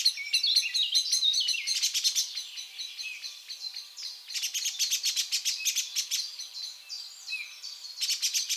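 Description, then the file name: Eurasian blackbird calling with high descending squeaks, then bursts of rapid rattling clicks. "Turdus merula"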